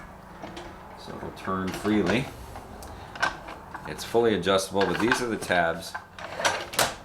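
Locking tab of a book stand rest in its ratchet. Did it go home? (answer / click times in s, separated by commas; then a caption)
yes / 6.8 s. Someone talks while squeezing the tabs on an antique adjustable book or bible stand and raising the rest, with small clicks and knocks from the mechanism along the way. At 6.8 s a sharp ratchet-like click is heard as the locking tab of the rest catches in its ratchet, and the rest locks into place.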